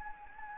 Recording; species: mosquito wingbeat signal from an infrared sensor; Anopheles gambiae